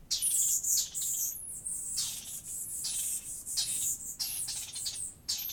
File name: Laute Eliomys quercinus